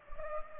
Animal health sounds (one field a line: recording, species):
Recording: mosquito wingbeat signal from an infrared sensor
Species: Culex pipiens